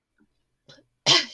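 Two soft catching breaths, then one sharp, hissy, high-pitched, squeaky sneeze burst from a stuffy adult woman with airborne allergies.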